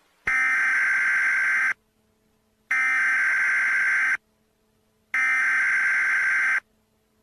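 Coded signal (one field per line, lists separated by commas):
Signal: Emergency Alert System (SAME) tones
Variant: header bursts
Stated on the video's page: Fictional EAS scenario, simulated hazardous materials alert set in Florida.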